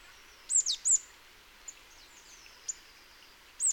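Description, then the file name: Marsh tit calls: a few very high, sharp downslurred notes, a cluster of three near the start and one at the end, with faint scattered chips and steady hiss. "Poecile palustris"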